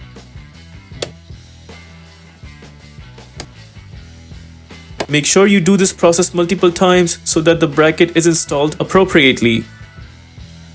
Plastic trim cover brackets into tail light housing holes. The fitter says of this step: once the cover is installed now we will push the cover from all over the edge and you will hear clicking sounds coming out